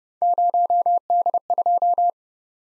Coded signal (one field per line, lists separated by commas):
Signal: Morse code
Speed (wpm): 30 wpm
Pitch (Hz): 700 Hz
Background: none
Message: 0D2